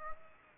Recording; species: mosquito wingbeat signal from an infrared sensor; Aedes aegypti